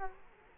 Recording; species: mosquito wingbeat signal from an infrared sensor; Culex quinquefasciatus